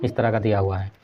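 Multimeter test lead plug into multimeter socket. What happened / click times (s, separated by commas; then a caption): Handled, not yet home: no seating click before the clip ends / none. A multimeter test lead with a special locking plug is being handled toward the multimeter's socket while someone talks. Nothing has seated or clicked yet.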